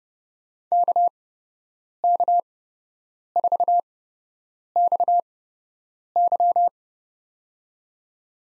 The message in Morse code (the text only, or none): KK4XY